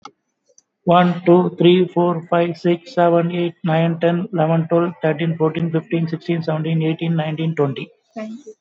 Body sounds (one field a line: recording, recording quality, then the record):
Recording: counting at a fast pace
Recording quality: excellent, no background noise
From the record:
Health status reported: COVID-19 positive, mild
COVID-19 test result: positive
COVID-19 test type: RT-PCR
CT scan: not taken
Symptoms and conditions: sore throat, hypertension, diabetes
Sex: male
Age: 50 years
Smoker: no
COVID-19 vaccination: both doses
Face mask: not worn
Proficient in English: yes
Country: India